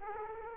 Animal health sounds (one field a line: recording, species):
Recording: mosquito wingbeat signal from an infrared sensor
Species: Aedes aegypti